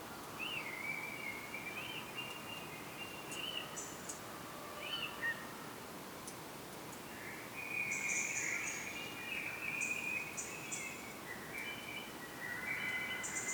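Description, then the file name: European robin making high, thin, hissing calls in short bursts, with lower warbling notes from birds woven through a constant hiss. "Erithacus rubecula"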